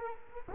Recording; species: mosquito wingbeat signal from an infrared sensor; Culex quinquefasciatus